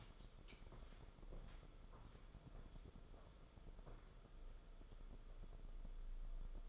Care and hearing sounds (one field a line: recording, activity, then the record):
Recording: daily activity, microphone in the room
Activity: walk to room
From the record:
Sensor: 5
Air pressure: 994.5 hPa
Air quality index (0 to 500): 173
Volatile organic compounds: 685 ppm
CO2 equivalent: 5028 ppm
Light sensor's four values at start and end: 30/103/38/40 and 31/106/39/41